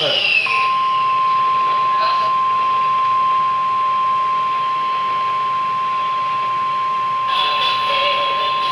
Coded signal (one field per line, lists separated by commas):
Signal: Emergency Alert System (SAME) tones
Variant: 1050 Hz attention tone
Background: speech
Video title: Required Weekly Test on WWG55 6/20/24 (EAS#1,563)